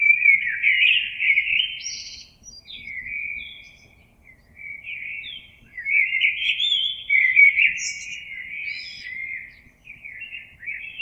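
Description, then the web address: Common blackbird singing a series of varied warbled phrases with short pauses, including a few brief high squeaks and twitters. Recorded 26 April 2022. "oiseaux Merle 2022 04 26"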